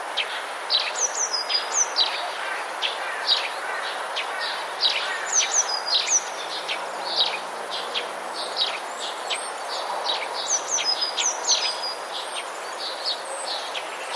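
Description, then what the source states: Sparrows chirping, brief sharp notes coming in loose bursts throughout, over continuous rushing background noise. Recorded 29 January 2019.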